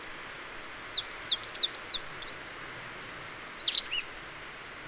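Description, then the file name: Marsh tit calls, a rapid run of sharp falling high notes, a pause, then a few more notes, with a thin high whistle faintly behind. "Poecile palustris"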